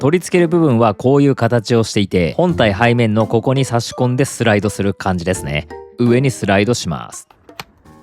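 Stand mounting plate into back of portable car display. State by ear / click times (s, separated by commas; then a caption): seated / 7.6 s. The mounting plate of a double-sided-tape stand is inserted into the slot on the back of an Ottocast Screen Flow portable car display and slid upward. Someone talks throughout while music plays. A faint tick at 7.5 s is followed by a sharp click at 7.6 s as the plate locks into place.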